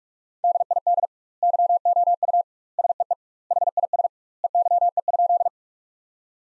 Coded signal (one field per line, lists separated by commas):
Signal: Morse code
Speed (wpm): 46 wpm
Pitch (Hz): 700 Hz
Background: none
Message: DID YOU SEE HIS EYE?